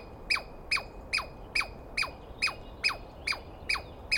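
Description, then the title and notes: Douglas squirrel: ten sharp, falling squeals in quick, regular succession, each bright and abrupt. Douglas pine squirrel screaming at length at dawn on the morning of 21 April 2017 in the East Cascades, startling the recordist awake; identified by sound, not clearly seen. "On the morning of 21 April, 2017, I set up my microphones and recorder for a nice dawn recording in the East Cascades. I was started awake by a screaming Douglas Pine Squirrel."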